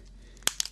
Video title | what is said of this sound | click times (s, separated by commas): Sprint Palm Pre Plus Breakdown Part 2 | and you know you're snapping it in back when it starts hearing that little clicking noise | 0.5 s, 0.6 s